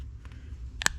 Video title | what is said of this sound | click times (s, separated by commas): Spyderco Endela | a reinforcement there you could hear it pop off right there | 0.8 s, 0.9 s